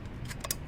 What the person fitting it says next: snaps into place.